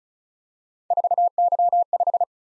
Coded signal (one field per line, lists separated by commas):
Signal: Morse code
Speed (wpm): 36 wpm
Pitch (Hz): 700 Hz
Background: none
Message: 4Y5